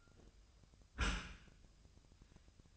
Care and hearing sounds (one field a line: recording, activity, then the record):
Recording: daily activity, microphone in the room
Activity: close dishwasher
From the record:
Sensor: 2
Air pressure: 1004.5 hPa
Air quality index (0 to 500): 108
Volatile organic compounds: 2 ppm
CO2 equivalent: 1311 ppm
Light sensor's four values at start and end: 6/15/6/6 and 6/15/6/6